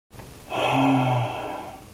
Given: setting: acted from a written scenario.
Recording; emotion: vocal sound without words; distress